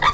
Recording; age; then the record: pig call; piglet (1 to 25 days)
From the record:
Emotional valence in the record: positive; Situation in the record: reunion after long isolation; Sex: male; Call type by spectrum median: low-frequency call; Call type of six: low-frequency tonal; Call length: 0.14 s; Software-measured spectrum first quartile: 1028 Hz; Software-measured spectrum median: 1394 Hz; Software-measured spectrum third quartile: 2575 Hz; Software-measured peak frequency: 1186 Hz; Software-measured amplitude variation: 143 dB a second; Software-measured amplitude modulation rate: 6.9 a second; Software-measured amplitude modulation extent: 20.6 dB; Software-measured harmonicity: 6.2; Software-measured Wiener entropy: -1.87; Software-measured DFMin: 1169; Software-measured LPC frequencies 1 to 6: 1153, 1946, 3533, 4656, 6032, 6977 Hz